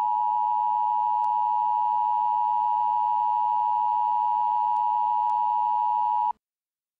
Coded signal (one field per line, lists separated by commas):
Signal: Emergency Alert System (SAME) tones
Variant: 853 and 960 Hz attention tone